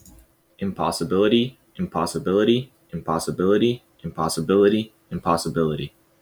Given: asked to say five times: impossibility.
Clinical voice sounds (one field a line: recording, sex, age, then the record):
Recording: repeated word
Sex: male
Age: 20 to 29 years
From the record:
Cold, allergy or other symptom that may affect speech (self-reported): no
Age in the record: 24 years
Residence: Texas, United States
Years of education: 16